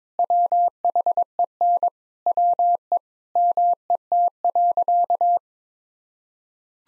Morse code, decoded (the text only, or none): WHEN WE MET.